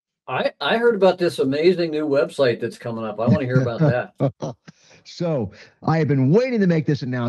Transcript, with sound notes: I heard about this amazing new website that's coming up. I wanna hear about that.
(laughs) So, I have been waiting to make this announcement.